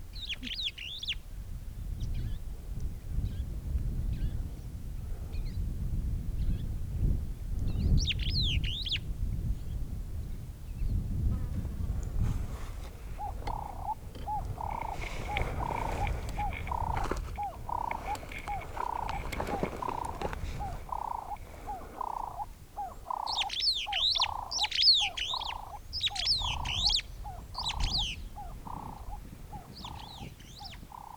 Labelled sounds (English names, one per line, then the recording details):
Superb Starling flight call
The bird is a male
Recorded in Kenya on 2 July 2008 at 10:08
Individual 86, of group SRB1